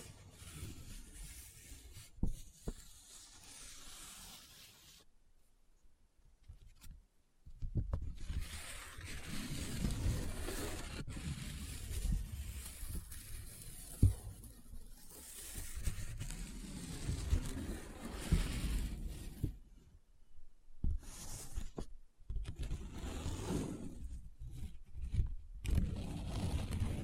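Paper is handled in bursts of rubbing, scratching and crinkling, with a low, rumbling scrape under much of it. Sharp snaps and crackles break in every few seconds, and brief silences fall near 5–7 seconds and around 20–22 seconds.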